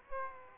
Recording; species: mosquito wingbeat signal from an infrared sensor; Aedes aegypti